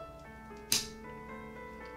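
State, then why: Seated. A plastic support leg with a spring-loaded peg for a Delta Children Sweet Beginnings bassinet is pushed into its rail frame socket. The peg snaps into place with one sharp, bright click at 0.7 s over faint steady background tones, and the leg is seated.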